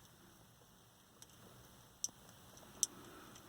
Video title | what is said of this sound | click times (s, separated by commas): Ford Excursion Factory DVD Player wiring to Aftermarket Head Unit. | Okay, we got the two clicks. Everything is plugged in now. | 2.0 s, 2.8 s